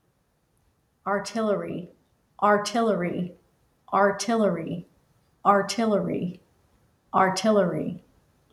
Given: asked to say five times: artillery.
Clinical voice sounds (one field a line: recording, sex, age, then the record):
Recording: repeated word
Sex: female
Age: 40 to 49 years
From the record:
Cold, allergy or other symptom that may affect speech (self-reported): no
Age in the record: 48 years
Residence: Georgia, United States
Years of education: 13